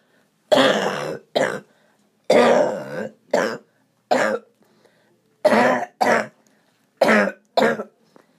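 About nine harsh, brassy, honking coughs from an adult, mostly in pairs: the cough of tracheobronchomalacia (TBM), from a collapsing floppy airway.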